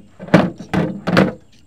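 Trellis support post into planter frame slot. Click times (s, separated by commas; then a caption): 0.7 s. A second plastic trellis support post is felt around for the centre slot of a VEGO Rolling Self Watering Patio Planter frame and pushed home. Dull thunks sound at about 0.3, 0.7 and 1.2 s, and the post locks into the slot at 0.7 s, firmly seated.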